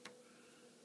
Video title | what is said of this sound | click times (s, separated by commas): Goblin Wall Hanger V2 | and it locks into place | 0.1 s